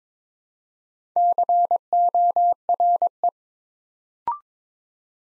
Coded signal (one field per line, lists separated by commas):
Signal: Morse code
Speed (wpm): 22 wpm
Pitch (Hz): 700 Hz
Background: none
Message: CORE